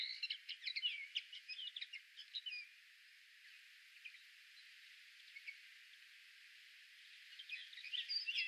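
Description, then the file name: European greenfinch chirping and trilling in a lively burst, then falling quiet for several seconds before the twittering resumes near the end. "Chloris chloris"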